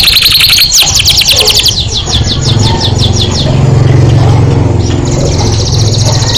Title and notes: PANCINGAN SUARA MASTERAN KENARI BIKIN BURUNG MAKIN MENGGILA. masteran kicau kenari